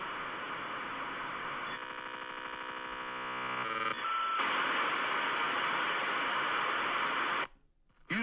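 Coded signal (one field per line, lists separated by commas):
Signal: dial-up modem handshake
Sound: harsh modem hiss and buzzing tones, a short steady tone, then loud wideband hiss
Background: brief voice at end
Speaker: It's going to get better. Hold on. You've got mail.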